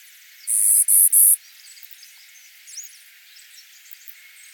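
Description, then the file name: Clay-colored sparrow giving three loud, flat buzzes in a row, then a pause before another buzz begins. "Spizella pallida - Clay-colored Sparrow"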